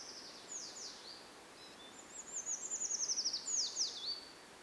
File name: grimpereau des bois - credits-dmitry kulakov